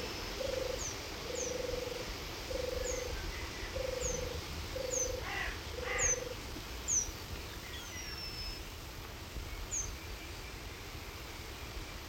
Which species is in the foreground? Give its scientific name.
Remiz pendulinus